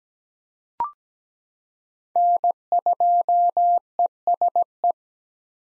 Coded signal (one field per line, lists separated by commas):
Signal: Morse code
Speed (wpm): 17 wpm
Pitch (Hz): 700 Hz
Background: none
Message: N2ESE